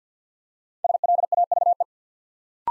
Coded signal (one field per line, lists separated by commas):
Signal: Morse code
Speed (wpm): 50 wpm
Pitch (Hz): 700 Hz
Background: none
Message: SLAVE